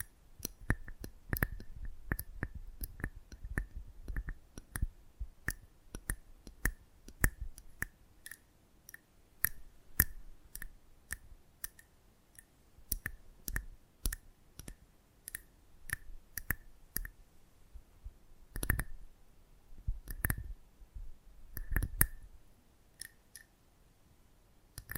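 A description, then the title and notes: Close-up mic treatment sounds: crisp tapping and clicking strokes in a steady, fairly quick rhythm, spaced wider near the end. ASMR Close Up Mic Treatment Tingle Galore (No Talking).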